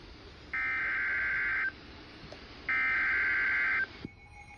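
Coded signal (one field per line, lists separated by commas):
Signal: Emergency Alert System (SAME) tones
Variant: header bursts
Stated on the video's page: Flash flood warning received on NOAA Weather Radio station WXJ91.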